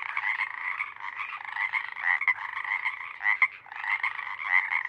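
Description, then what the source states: Pacific Chorus Frogs in a dense full chorus, many overlapping raspy creaks blending into a continuous pulsing wall of sound. Full chorus of a single pod, a deafening wall lasting hours until the night air cools; night of April 21-22, 2019, Sinlahekin Valley.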